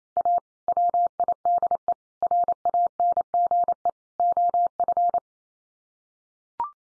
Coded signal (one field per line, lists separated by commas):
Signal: Morse code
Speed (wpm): 28 wpm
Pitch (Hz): 700 Hz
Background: none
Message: A WIDE RANGE OF